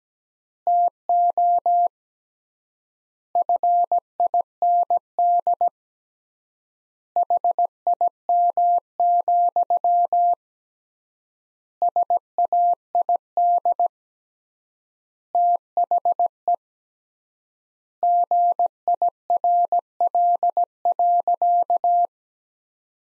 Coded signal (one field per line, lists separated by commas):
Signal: Morse code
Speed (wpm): 17 wpm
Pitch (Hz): 700 Hz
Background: none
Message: TO FIND HIM, SAID THE GIRL.